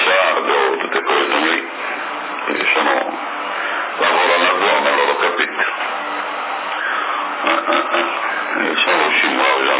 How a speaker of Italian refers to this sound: Perché sembra c'è quel camion.